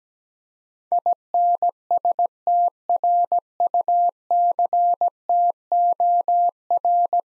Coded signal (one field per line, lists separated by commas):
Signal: Morse code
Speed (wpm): 17 wpm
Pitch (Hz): 700 Hz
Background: none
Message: INSTRUCTOR